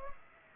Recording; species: mosquito wingbeat signal from an infrared sensor; Aedes aegypti